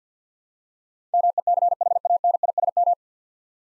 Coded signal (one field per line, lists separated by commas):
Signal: Morse code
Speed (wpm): 50 wpm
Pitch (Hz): 700 Hz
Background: none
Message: MECHANISM